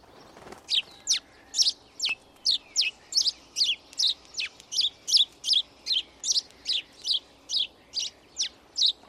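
House sparrow chirping: a steady series of bright, sharp chirps repeated about two or three times per second throughout, with a brief low thump near the start.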